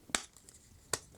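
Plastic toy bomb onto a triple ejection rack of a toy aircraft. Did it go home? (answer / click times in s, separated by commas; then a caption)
yes / 0.1 s, 0.9 s. Plastic toy bombs are pushed onto a triple ejection rack of a Hasbro G.I. Joe HasLab Rattler toy aircraft, a rack with a positive lock and stop. Two sharp, bright snap clicks are heard at 0.2 s and 0.9 s, with faint small ticks between them. Each bomb snaps into place and is seated.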